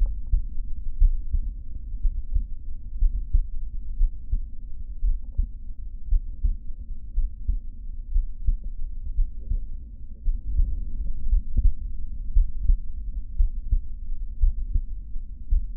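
Adult heart by stethoscope at Botkin's (Erb's) point, patient standing, leaning forward with breath held after expiration. An intermittent high-pitched musical systolic murmur of mitral valve prolapse: it comes and goes with breathing and becomes constant when the breath is held on expiration.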